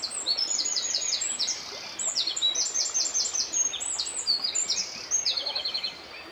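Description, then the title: Eurasian wren song: a long, loud, rapid outpouring of high trills and sharp notes, with fast repeated rattles, over a steady wash of flowing river noise. Singing vigorously from flood-left branches and stumps on dry gravel banks of a river, marking its territory; Drôme, France; 10 May 2020; Nagra Seven recorder, cardioid MKH40 microphones. "TROGLODYTE EN BORD DE DRÔME"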